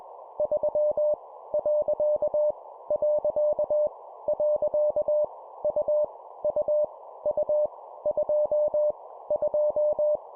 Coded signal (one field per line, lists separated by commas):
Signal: Morse code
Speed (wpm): 21 wpm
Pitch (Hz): 600 Hz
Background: none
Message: 3 . . . U U U 2 2